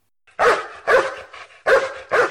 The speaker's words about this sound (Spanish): Los oídos me sirven para escuchar al perro ladrar.